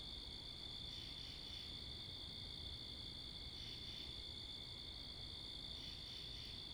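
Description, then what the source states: Continuous high-pitched cricket trilling, with brief swells near one, four and six seconds, set against a constant low roar of wind and cars. Crickets recorded in Wakefield, Rhode Island, 10 October 2021 at 11:35pm, facing northeast, with two Rode NTG-3 shotgun mics on a Sound Devices MixPre 10ii; cars and wind present.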